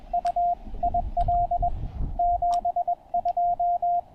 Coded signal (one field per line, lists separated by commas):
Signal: Morse code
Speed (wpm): 21 wpm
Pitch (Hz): 690 Hz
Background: radio noise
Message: U IL 72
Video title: POTA Pileups on 20 meters! Pairing the Penntek TR-35 & Chelegance MC-750 at Table Rock Fish Hatchery